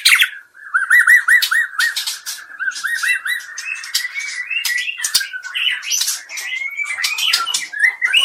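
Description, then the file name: White-rumped shama song: a run of repeated looping whistled notes, then sweeping rising whistles mixed with clicks and scratchy chatter. Medan. "Suara Murai Medan"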